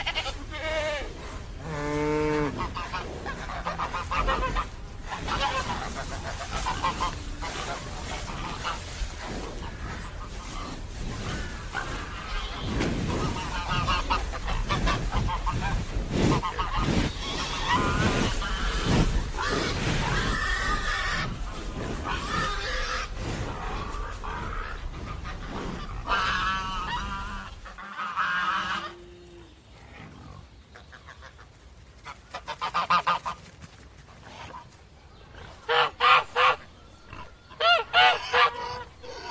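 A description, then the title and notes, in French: Farm animals, mostly geese honking, fill the first half with a dense, overlapping chorus of bright, nasal calls and a constant low rumble underneath. Around 28 seconds the din drops away, leaving quieter scattered honks and a few sharp, loud clicks or knocks near the end. A la ferme avec ses animaux.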